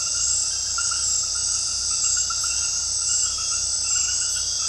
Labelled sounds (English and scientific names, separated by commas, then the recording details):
none
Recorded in dense forest near Puerto Asís, Putumayo, Colombia, on 20 February 2024 at 22:30
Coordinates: 0.487, -76.319
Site G6403